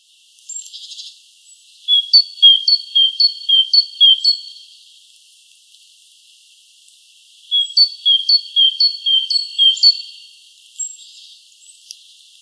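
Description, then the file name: Great tit giving two bursts of ringing two-note phrases, each repeated several times, separated by a pause, with a few faint other chirps. "Parus major"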